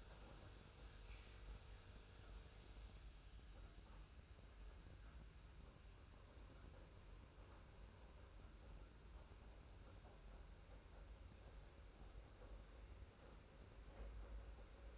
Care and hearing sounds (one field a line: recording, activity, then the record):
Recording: daily activity, microphone in the room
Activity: make coffee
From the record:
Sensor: 2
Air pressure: 991.6 hPa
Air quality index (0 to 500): 188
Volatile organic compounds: 1000 ppm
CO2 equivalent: 6130 ppm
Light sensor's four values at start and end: 32/97/38/36 and 32/97/38/36